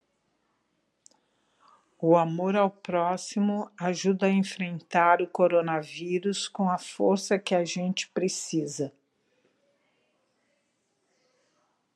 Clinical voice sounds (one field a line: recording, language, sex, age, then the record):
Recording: spoken sentence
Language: Brazilian Portuguese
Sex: female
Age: 60 to 69 years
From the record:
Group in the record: control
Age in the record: 64 years